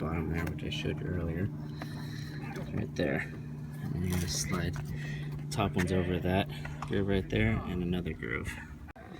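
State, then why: Not seated. During an oil change on a 2009 Mini Cooper S, a plastic underbody panel is slid back into its hole and locating groove under the car while someone talks over a steady low hum. Faint handling sounds come through, but nothing has seated or clicked yet by the end of the clip.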